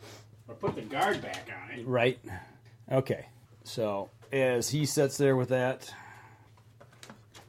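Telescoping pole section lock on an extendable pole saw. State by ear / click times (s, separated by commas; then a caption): released / 7.0 s. Someone talks for most of the clip, then the talking fades and soft handling rattles begin around 6.6 s as the button on the telescoping extension lock of an extendable pole saw is pressed so the pole section slides out. The lock clicks open at 7.0 s, releasing the section.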